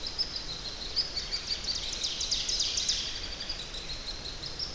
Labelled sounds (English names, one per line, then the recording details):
Ovenbird song
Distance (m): 55 m
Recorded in boreal forest in Alberta, Canada, on 10 June 2016 at 08:55
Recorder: SongMeter 3, array SBT-3-39
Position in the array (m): 271 m, 158 m
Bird 19